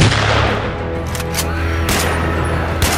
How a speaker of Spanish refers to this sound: En total se hicieron 4 disparos en menos de 10 segundos y los monstruos cayeron sin tiempo siquiera de soltar sus terribles bramidos.